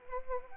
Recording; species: mosquito wingbeat signal from an infrared sensor; Anopheles arabiensis